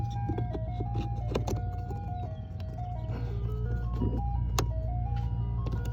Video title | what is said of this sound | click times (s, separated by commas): Pedal Commander for 3rd Gen Tacoma - Worth It? | You guys probably heard that click, but yeah, | 4.6 s